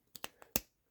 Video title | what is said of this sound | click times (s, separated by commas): Ferris Wheel Press Carousel First Impressions. | yeah there's a little click | 0.6 s